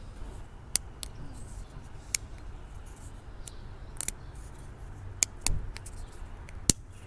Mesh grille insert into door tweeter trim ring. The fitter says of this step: press that in and you'll hear it click and just go around until everything's tight with all the tabs and